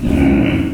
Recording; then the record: squeal of a Yucatan mini pig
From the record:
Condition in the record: after surgery on the right vocal fold (resection and tissue-engineered implant); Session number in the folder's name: 1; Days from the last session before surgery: 13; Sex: female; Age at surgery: 19 weeks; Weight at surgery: 25 kg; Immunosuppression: prednisolone